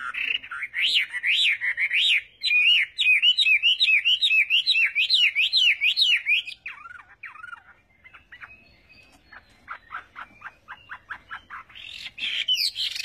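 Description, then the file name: Chinese hwamei singing a long run of loud, wavering whistled notes in quick series, then quieter clipped notes and a louder final phrase. "Tieng hoa mi hot"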